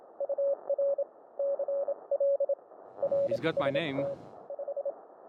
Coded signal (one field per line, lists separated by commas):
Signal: Morse code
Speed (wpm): 26 wpm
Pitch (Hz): 560 Hz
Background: speech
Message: UR CL RST 5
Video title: My Audio & Video Gear + How I Record HAM Radio in the Field.